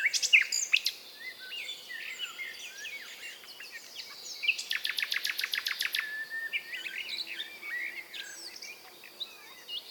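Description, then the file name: Common nightingale song with scattered chirps and twittering whistles, then a rapid run of clicking repeated notes near the middle, trailing into softer varied phrases. "British Library - European Nightingale(Luscinia megarhynchos)"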